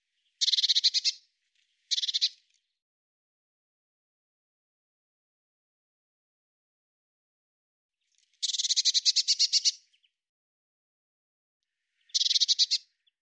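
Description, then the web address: Eurasian blue tit giving four harsh, buzzy churring bursts: two short ones close together, a long rattling series after a pause, then a final short burst. "cianscape birddata Deverinetal 2025 File cleaned normalized Bird Cy Ca"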